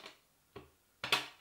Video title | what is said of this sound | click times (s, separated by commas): BOLBR: HSG V2G gearbox | when you do pop the two halves together they do lock into place | 1.0 s